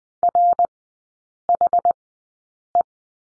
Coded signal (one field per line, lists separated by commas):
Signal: Morse code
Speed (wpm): 20 wpm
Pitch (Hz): 700 Hz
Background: none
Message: RHE